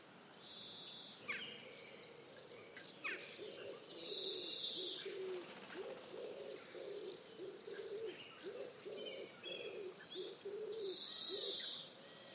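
Pigeon cooing: a series of low, rolling coos repeated quickly through the second half, with sharp high chirps and whistles from other birds above.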